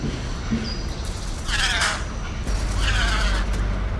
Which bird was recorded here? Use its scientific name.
Cyanocorax chrysops